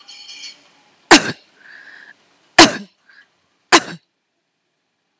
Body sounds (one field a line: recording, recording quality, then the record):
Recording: heavy voluntary cough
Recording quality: excellent, no background noise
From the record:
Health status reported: healthy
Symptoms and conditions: none ticked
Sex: female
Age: 32 years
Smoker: not ticked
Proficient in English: yes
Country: India